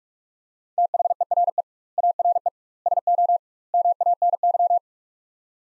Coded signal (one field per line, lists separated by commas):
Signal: Morse code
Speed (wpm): 42 wpm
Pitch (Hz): 700 Hz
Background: none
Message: THERE ARE SO MANY